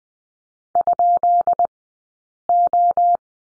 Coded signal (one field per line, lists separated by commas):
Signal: Morse code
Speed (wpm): 20 wpm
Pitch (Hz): 690 Hz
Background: none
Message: ?O